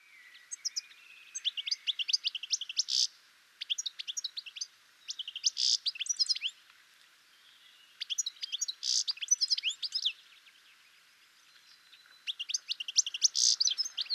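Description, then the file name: European goldfinch giving several bursts of rapid tinkling, twittering notes separated by short pauses. "Carduelis carduelis"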